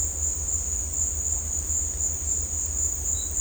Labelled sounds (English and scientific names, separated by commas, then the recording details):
none
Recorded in dense forest near Puerto Asís, Putumayo, Colombia, on 18 December 2024 at 15:30
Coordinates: 0.466, -76.327
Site G075